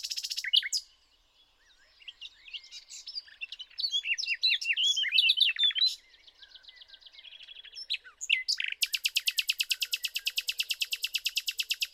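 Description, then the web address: Common nightingale singing rich, varied chattering and whistled phrases, with a brief pause, then a long rapid run of identical sharp notes. "SETE data Luscinia megarhynchos"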